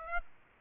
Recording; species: mosquito wingbeat signal from an infrared sensor; Aedes aegypti